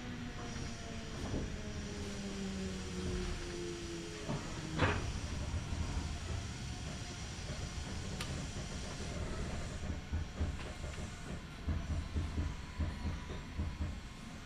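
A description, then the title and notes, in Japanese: Interior of a Kintetsu Nagoya Line local train running from Kawagoe-Tomisuhara toward Shiohama. A steady low rumble and hiss fill the clip, with a falling two-tone whine in the first four seconds, a sharp knock near five seconds, and rhythmic rail clatter later. 近鉄名古屋線各駅停車 川越富洲原→塩浜。車内はほぼガラガラです。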